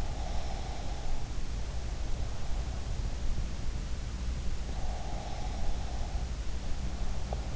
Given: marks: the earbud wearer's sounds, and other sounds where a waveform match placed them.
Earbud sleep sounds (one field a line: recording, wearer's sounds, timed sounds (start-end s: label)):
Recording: sounds in sleep by an in-ear microphone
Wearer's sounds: breath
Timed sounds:
0.01-1.21 s: breath
4.89-7.56 s: breath